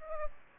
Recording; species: mosquito wingbeat signal from an infrared sensor; Aedes aegypti